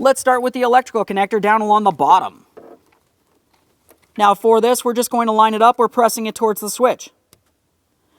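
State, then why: Seated. Someone talks while lining up the lower wiring harness electrical connector and pressing it onto the new ignition starter switch of a 2007-2014 GMC Sierra 2500 HD. After a quiet pause with a few faint ticks, a sharp click at 7.3 s marks the connector seating onto the switch, and it is confirmed secure.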